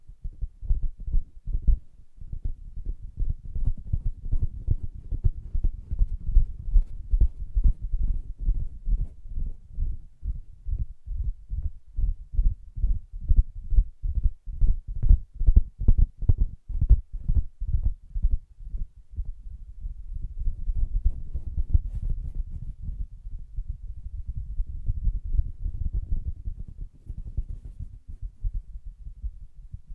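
Soft fingertip tapping on a fabric surface, a fast, steady run of muffled, low thumps with little brightness. After about twenty seconds the taps blur into a more continuous rubbing scratch, with occasional louder taps still poking through.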